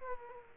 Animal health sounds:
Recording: mosquito wingbeat signal from an infrared sensor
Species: Aedes aegypti

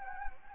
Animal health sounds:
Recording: mosquito wingbeat signal from an infrared sensor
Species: Anopheles gambiae

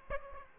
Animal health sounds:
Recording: mosquito wingbeat signal from an infrared sensor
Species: Aedes aegypti

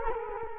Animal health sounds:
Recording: mosquito wingbeat signal from an infrared sensor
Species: Culex quinquefasciatus

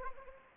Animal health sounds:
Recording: mosquito wingbeat signal from an infrared sensor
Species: Anopheles arabiensis

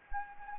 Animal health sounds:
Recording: mosquito wingbeat signal from an infrared sensor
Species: Anopheles gambiae

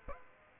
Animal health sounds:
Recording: mosquito wingbeat signal from an infrared sensor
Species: Aedes aegypti

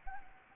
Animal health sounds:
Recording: mosquito wingbeat signal from an infrared sensor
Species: Anopheles gambiae

